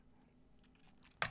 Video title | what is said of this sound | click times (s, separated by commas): CCR Copic Marker bodies | so when you click it on you can hear the click you know that that should be airtight | 1.2 s